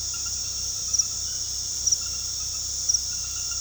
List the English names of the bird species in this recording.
none